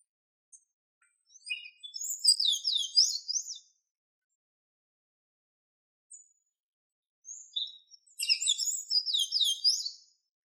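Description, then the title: Golden-chevroned tanager giving two bursts of very high, squeaky, tumbling twitter, each about two to three seconds long, separated by a few seconds of quiet and one faint note. "Sanhaçu-de-encontro-amarelo"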